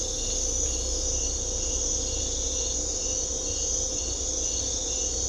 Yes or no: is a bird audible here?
no